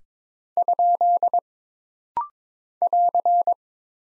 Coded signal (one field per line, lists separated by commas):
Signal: Morse code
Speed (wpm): 22 wpm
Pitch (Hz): 700 Hz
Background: none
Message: ? <AR>